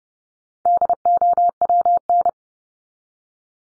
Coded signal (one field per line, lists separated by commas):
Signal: Morse code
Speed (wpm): 30 wpm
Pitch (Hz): 700 Hz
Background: none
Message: DOWN